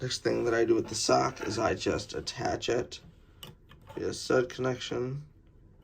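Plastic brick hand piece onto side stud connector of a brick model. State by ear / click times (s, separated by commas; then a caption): not seated / none. Someone talks while a plastic LEGO brick hand piece from set 76421 is handled and lined up to attach by a side connection onto a side stud connector of the brick model. Only faint, short ticks are heard in a pause around 3.4 s and 3.7 s. Nothing has seated or clicked yet by the end of the clip.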